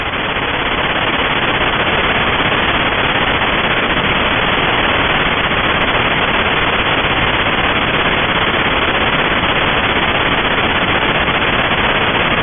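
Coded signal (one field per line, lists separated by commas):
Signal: channel marker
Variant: The Goose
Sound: continuous fast rattling, cackling buzz like rapid gunfire, steady loudness throughout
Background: radio static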